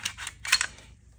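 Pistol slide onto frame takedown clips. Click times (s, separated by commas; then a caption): 0.5 s. During reassembly of a Canik SFX Rival pistol, the metal slide is fitted onto the frame and pulled back until the takedown clips catch it. A few quick metallic clacks and scrapes are heard, with the sharpest click at 0.5 s as the slide seats on the clips and no longer comes off.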